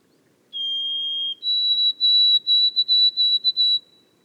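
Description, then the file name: White-throated sparrow song: a long, clear, low whistle, then a higher whistle breaking into a run of short repeated notes on the same pitch, over quiet background. Recorded in the boreal forest of Haute-Côte-Nord on 29 May 2018. "bruant-a-gorge-blanche-foret-boreale-de-la-haute-cote-nord-29-mai-2018"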